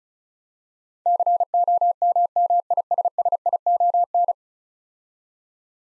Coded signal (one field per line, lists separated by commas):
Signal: Morse code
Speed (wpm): 36 wpm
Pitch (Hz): 700 Hz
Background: none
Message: COMMISSION